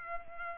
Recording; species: mosquito wingbeat signal from an infrared sensor; Culex pipiens